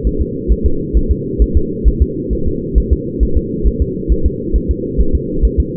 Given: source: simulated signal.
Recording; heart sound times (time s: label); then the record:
fetal heart sounds
0.07 s: S1
0.22 s: S2
0.52 s: S1
0.66 s: S2
0.97 s: S1
1.11 s: S2
1.42 s: S1
1.57 s: S2
1.88 s: S1
2.02 s: S2
2.33 s: S1
2.48 s: S2
2.78 s: S1
2.93 s: S2
3.23 s: S1
3.37 s: S2
3.67 s: S1
3.82 s: S2
4.12 s: S1
4.26 s: S2
4.56 s: S1
4.71 s: S2
5.00 s: S1
5.15 s: S2
5.45 s: S1
5.60 s: S2
From the record:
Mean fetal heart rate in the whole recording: 135 bpm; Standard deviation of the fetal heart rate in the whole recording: 3 bpm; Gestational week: 34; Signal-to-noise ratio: -8.1 dB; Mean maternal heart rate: 72 bpm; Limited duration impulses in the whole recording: absent